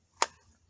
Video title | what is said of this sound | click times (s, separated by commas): Ruger Gp100 holster review by craft holster's review & Glock 17 holster | and i absolutely love this thing i love how it pops into place | 0.2 s